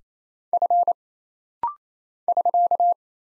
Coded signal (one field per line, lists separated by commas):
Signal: Morse code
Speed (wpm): 27 wpm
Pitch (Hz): 700 Hz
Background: none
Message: F <SK>